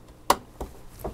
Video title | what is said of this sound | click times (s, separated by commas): High-End Gaming & Editing PC Build – Part 5 – Upgrades, Mods & Performance Comparison Testing | two clicks okay let me bring it up and test it out | 0.3 s